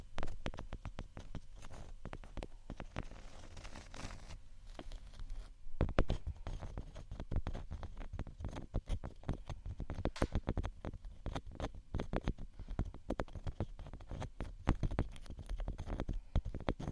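Scratching and tapping on textured items, a dense run of quick, crisp clicks and scrapes that continues without pause for the whole stretch. The taps come fast and irregular, with a few sharper hits near six and ten seconds, over a faint low thump.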